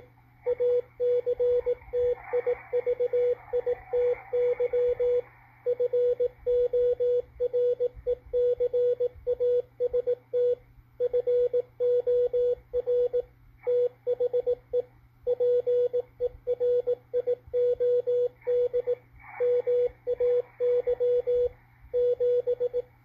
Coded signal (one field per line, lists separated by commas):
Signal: Morse code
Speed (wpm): 18 wpm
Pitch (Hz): 490 Hz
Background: radio noise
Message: ACTIVITY FORECAST FOR THE PERIOD MAY 7